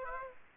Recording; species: mosquito wingbeat signal from an infrared sensor; Aedes aegypti